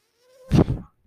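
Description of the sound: A thin rising mechanical whine, then a brief low whoosh of air: one cycle of a home ventilator.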